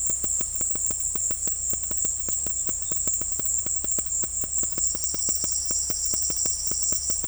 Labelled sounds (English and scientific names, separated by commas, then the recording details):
none
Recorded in dense forest near Puerto Asís, Putumayo, Colombia, on 20 February 2024 at 14:30
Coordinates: 0.487, -76.319
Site G6403